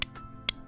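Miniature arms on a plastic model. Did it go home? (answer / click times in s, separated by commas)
yes / 0.0 s, 0.5 s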